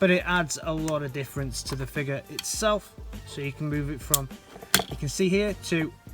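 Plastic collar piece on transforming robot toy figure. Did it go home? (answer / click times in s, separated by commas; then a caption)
no / none. Someone talks while moving the plastic collar piece on a transforming robot toy figure (X-Transbots MX-II-T Andras) during transformation. Only speech is heard, and nothing has seated or clicked yet.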